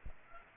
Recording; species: mosquito wingbeat signal from an infrared sensor; Aedes aegypti